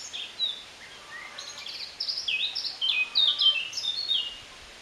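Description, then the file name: Eurasian blackcap song: quick warbled phrases of sweet, varied notes jumping up and down, sparser and softer at first, then a denser, louder rush. "Sylvia atricapilla"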